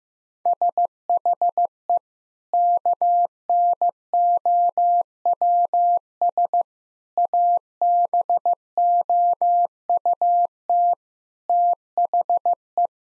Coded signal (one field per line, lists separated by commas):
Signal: Morse code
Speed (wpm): 15 wpm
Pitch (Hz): 700 Hz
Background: none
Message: SHE KNOWS ABOUT THE